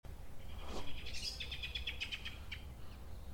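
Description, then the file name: Common blackbird calling, a quick burst of thin high notes over a low background rumble. "Turdus merula"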